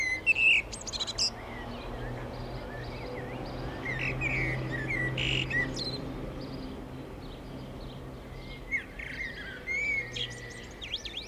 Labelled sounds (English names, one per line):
Common Blackbird song